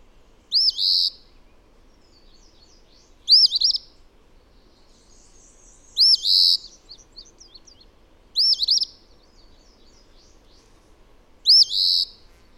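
Bird song in five loud, high phrases, each an upswept whistled note followed by a short buzz, spaced roughly three seconds apart over soft background chatter.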